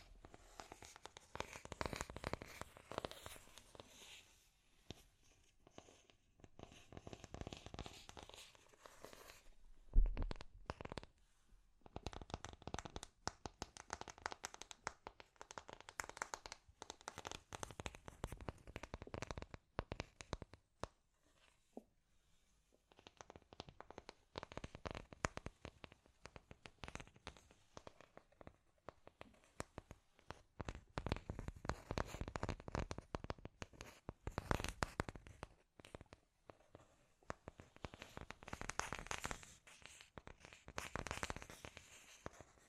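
Scratchy tapping runs through most of the recording as dense bursts of sharp, dry clicks and scrapes that fill the range from low to bright. The activity comes in uneven clusters with brief quieter gaps near 11, 20 and 23 seconds, and one louder knock around 10 seconds.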